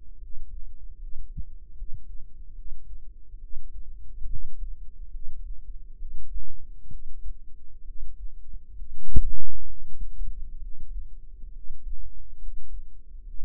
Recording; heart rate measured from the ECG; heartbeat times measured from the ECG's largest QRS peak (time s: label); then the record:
heart sounds by microphone in the right ear; 69 bpm
0.16 s: heartbeat
0.96 s: heartbeat
1.73 s: heartbeat
2.52 s: heartbeat
3.38 s: heartbeat
4.25 s: heartbeat
5.09 s: heartbeat
5.95 s: heartbeat
6.87 s: heartbeat
7.82 s: heartbeat
8.73 s: heartbeat
9.64 s: heartbeat
10.58 s: heartbeat
11.49 s: heartbeat
12.36 s: heartbeat
13.22 s: heartbeat
From the record:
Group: healthy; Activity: rest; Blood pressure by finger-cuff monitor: 112/70 mmHg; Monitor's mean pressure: 81 mmHg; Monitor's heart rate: 65 bpm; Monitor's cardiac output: 5.4 L/min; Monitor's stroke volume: 82 mL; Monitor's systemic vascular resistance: 1100 dyn s/cm5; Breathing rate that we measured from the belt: 17 breaths a minute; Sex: female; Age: 22 years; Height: 171 cm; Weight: 65.6 kg